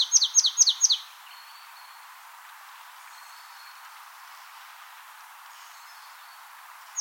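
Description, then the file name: Marsh tit, a quick burst of four ringing downslurred notes in about a second, followed by quiet with faint thin high notes and a final note at the close. "Poecile palustris"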